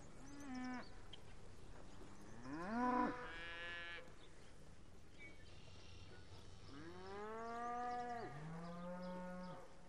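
Cow mooing several times: bellows swooping upward into strained, harmonic-rich cries, followed by a long steady moo and a shorter one to finish.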